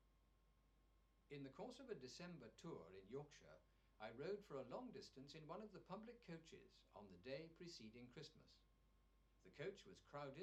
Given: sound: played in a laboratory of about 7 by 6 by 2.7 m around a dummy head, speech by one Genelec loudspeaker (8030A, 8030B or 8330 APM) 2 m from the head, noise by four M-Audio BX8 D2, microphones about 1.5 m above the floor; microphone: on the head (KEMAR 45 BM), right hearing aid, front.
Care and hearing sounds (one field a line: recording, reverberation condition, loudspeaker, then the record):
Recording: male speech in English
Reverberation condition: low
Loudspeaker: 120 degrees to the right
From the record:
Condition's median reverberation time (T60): about 310 ms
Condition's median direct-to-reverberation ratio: about 3.5 dB